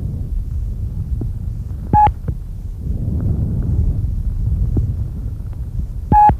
Is much quieter than inspiration, and there is no pause between inspiration and expiration. Modern engineering concepts make it more likely that the sounds emanate from the turbulent flow of air in the lobar and segmental bronchi, not the alveoli. Normal vesicular breath sounds.